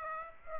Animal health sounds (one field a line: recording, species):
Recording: mosquito wingbeat signal from an infrared sensor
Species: Aedes aegypti